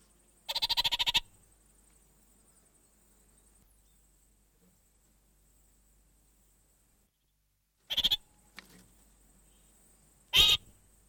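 Orange-fronted parakeet chattering, a single burst of rapid harsh notes near the start, then two brief chattering bursts later, with quiet gaps between and a faint high hiss.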